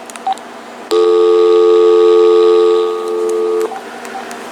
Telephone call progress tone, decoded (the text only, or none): dial tone